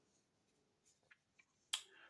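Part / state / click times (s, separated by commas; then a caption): speaker carabiner onto bag strap or belt / seated / 1.7 s. A JBL Clip 5 portable speaker (285 g) has its built-in carabiner clipped onto a bag strap or belt. After quiet handling with two small ticks near 1.1 and 1.4 s, a sharp, bright snap rings out at 1.7 s as the carabiner seats, followed by a short rustle.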